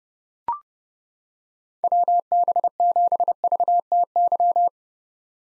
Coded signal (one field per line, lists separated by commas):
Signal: Morse code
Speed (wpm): 30 wpm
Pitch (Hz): 700 Hz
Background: none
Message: WB7VTY